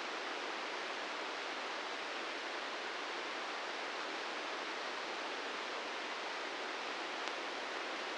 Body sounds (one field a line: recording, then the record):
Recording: brain microelectrode recording played as sound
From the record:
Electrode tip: inside the subthalamic nucleus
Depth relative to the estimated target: -4 mm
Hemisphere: left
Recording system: NeuroSet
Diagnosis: Parkinson's disease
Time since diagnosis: 13 years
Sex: male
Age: 66 years